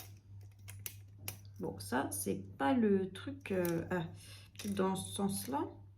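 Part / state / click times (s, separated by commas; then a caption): plastic divider into drawer organizer frame / not seated / none. A plastic divider is being handled and fitted into a drawer organizer frame, with a few sharp taps and knocks near the start (around 0.9 s and 1.3 s) while someone talks over a steady low hum. The clip ends before the divider clips in; nothing has seated yet.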